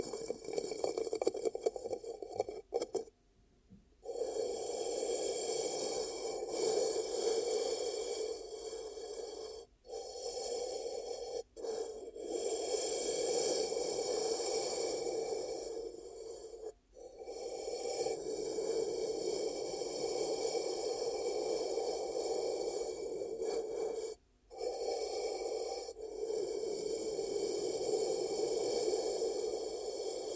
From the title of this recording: Ear Cupping Triggers